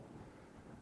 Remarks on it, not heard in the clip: Did y'all hear that rumble? That was my stomach. because I don't eat breakfast on Sunday mornings and my tummy is going. They think it's thundering outside, I bet.